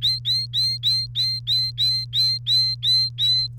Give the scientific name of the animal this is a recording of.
Serinus canaria